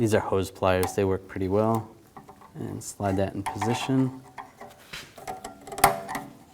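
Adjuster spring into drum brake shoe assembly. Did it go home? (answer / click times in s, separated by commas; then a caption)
yes / 5.8 s. Someone talks while using hose pliers to slide a drum brake adjuster spring into position on the brake shoe of a 1999–2007 Chevy Silverado 2500. Light metallic clinks follow, then a sharp metal snap at 5.8 s as the spring locks into place, and it is confirmed seated.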